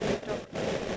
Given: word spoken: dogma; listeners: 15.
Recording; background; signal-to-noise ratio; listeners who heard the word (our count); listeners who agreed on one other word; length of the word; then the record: one English word in noise, from a listening test; noise modulated by three-talker babble; -7.7 dB; 1 of 15; 6 of 15; 0.57 s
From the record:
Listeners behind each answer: 6, 2, 1, 1, 1, 1, 1, 1, 1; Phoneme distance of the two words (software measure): 20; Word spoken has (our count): 2 syllables, 5 phonemes, stress on syllable 1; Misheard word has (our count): 2 syllables, 5 phonemes, stress on syllable 1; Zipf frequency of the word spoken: 2.80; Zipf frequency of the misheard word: 5.02